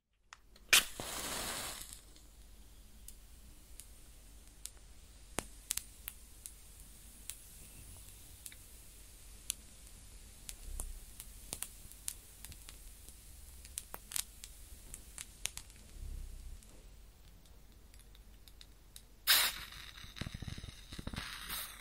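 A match is struck close up with a sharp, bright flare in the first two seconds, then burns with a quiet bed of hiss and scattered small crackles and ticks. Near nineteen seconds a harsh sizzling burst returns as the flame is put out.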